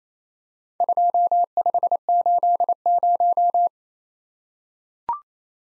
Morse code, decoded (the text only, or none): 2580